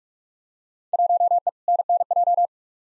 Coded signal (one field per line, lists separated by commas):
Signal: Morse code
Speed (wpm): 45 wpm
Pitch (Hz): 700 Hz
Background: none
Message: 1E NNJ